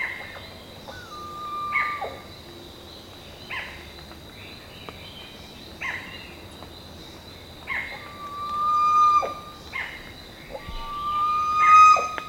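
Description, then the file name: Bird calls: long steady whistled notes near one pitch, mixed with short harsh downward-sweeping notes repeated every two seconds or so, over a constant background hum. "SABIOD 50 bird 2015"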